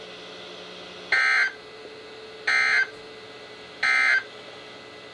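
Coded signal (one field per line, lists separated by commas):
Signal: Emergency Alert System (SAME) tones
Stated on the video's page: Flood warnings received on NOAA Weather Radio.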